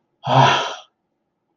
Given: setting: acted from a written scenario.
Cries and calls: vocal sound without words; realization

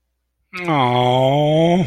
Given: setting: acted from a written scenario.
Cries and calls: vocal sound without words; disappointment

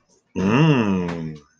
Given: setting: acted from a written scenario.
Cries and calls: vocal sound without words; desire

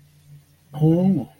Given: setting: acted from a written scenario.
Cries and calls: vocal sound without words; triumph

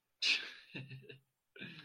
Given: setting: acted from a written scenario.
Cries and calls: vocal sound without words; amusement

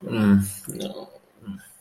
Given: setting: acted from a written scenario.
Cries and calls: vocal sound without words; embarrassment

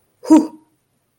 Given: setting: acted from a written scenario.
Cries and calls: vocal sound without words; relief

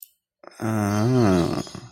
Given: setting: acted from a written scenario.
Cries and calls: vocal sound without words; desire

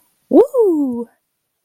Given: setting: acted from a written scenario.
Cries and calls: vocal sound without words; pride

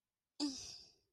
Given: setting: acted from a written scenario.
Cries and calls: vocal sound without words; distress

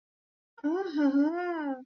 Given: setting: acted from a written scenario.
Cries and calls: vocal sound without words; sympathy

